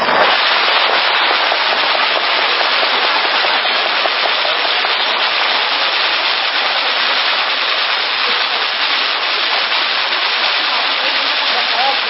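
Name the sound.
firecrackers exploding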